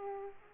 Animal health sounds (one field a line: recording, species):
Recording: mosquito wingbeat signal from an infrared sensor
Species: Aedes aegypti